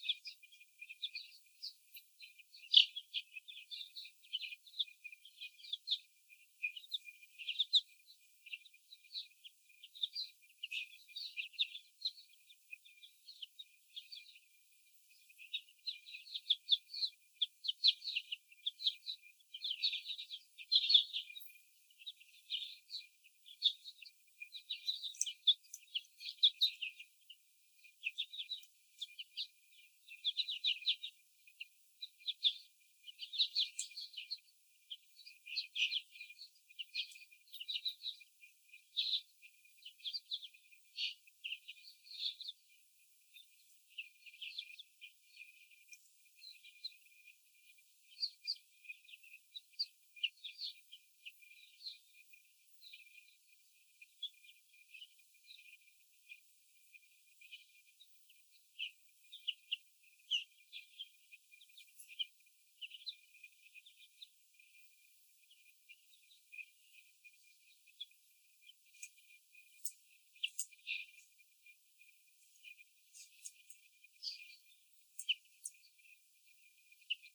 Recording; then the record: young laying hens in a cage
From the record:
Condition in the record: before the stressor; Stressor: sudden umbrella opening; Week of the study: 3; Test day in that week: 2